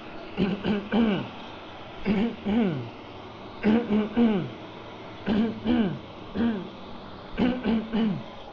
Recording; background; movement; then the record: throat clearing; traffic; sitting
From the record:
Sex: male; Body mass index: 20.6 kg/m2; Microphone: on the chest, facing outward